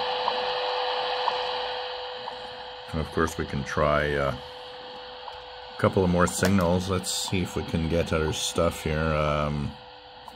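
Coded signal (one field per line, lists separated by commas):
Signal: radio time signal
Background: speech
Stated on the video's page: WWV time signal on 25000 kHz shortwave, received on a DEEPSDR 101 portable SDR with an MLA 30 loop antenna.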